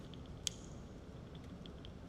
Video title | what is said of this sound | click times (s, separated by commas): St. Louis Woodworkers Guild - August Member Meeting | you can hear a clicking sound | 0.5 s